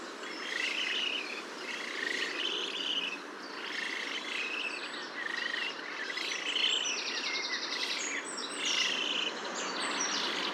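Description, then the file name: Eurasian spoonbill begging calls: overlapping nasal, buzzy notes repeated almost without pause, with higher twittering above and a steady background hiss. Juveniles in a family group begging at the nest, Haarlemmerliede, 5 May 2015. "espoonb-FAM-JUV-BC-NEST haarlemmerliede"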